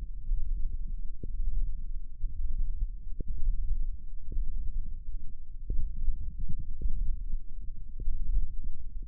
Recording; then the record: forearm muscle sounds (acoustic myography)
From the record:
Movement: hand opening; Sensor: system 1, eight BSWA MPA416 microphones around the upper forearm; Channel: 8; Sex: male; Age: 18 years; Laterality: right